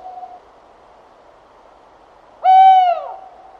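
Tawny owl hoot: one short, clear, steady note at mid pitch after a quiet stretch.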